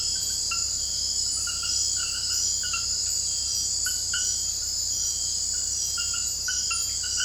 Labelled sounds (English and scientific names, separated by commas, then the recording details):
none
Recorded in dense forest near Puerto Asís, Putumayo, Colombia, on 19 February 2024 at 01:00
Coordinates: 0.487, -76.319
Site G6403